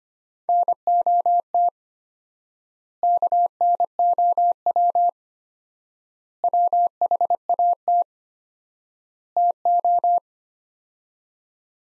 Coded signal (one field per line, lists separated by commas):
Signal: Morse code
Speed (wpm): 25 wpm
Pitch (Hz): 700 Hz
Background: none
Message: NOT KNOW WHAT TO